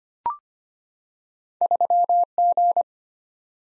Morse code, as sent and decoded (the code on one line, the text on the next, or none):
...-- --.
3G